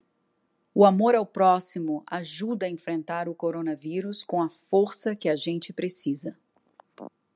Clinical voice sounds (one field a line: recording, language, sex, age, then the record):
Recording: spoken sentence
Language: Brazilian Portuguese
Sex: female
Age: 40 to 49 years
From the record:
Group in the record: control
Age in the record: 47 years